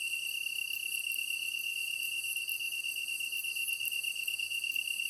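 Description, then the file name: Japanese tree cricket singing a constant high trill. Recorded 23 August 2010 at 21:22. "kantan-20100823-2122"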